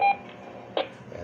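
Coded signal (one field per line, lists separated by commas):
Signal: roger beep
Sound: one short bright beep, then a brief click-like burst of noise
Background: room noise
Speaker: nagbabago siya every release mo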